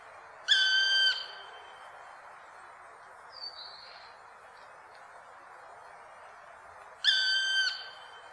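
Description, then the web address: Black woodpecker calls: two drawn-out, ringing whistled notes about six seconds apart, over a steady background hiss. "fuglelyder svartspett"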